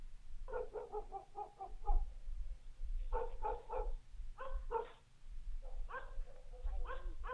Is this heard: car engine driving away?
no